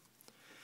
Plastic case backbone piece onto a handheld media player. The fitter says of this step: just takeing your time and make sure everything's lined up and it'll just snap right into place